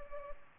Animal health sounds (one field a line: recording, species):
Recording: mosquito wingbeat signal from an infrared sensor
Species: Culex pipiens